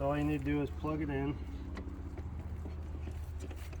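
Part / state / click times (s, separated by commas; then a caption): electrical connector into headlight housing / not seated / none. Someone talks at the start while the electrical plug is brought to the back of the headlight housing on a 2008 BMW 550i during a headlight lens replacement, with the cap left off because it gets in the way. After the talk, a steady low hum continues with a few faint handling ticks around 1.8, 3.5 and 3.7 seconds. The connector has not seated or clicked into place yet.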